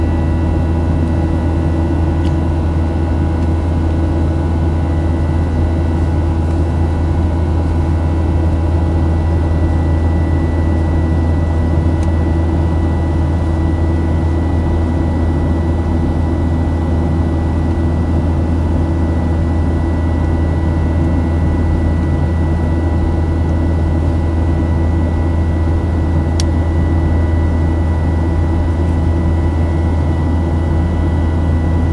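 Engines hum without pause, a heavy low drone with a strong bass band and a faint steady whine higher up. The sound stays level for the whole stretch, broken only by a few tiny clicks, one sharper tick near twenty-six seconds.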